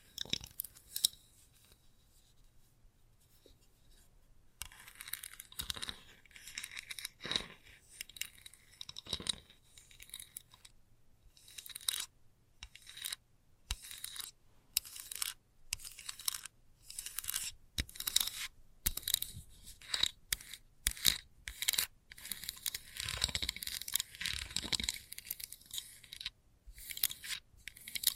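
Fast scratching starts after a few quiet seconds and then runs almost without pause, a dense string of rough, bright, papery strokes with brief gaps between bursts. The strokes are rapid and uneven in loudness, over a faint low hum.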